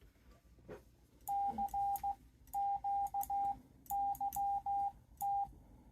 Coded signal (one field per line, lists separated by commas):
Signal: Morse code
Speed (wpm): 15 wpm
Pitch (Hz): 800 Hz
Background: radio noise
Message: CQ YT